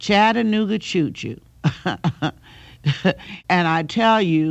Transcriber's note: laughter